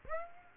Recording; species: mosquito wingbeat signal from an infrared sensor; Aedes aegypti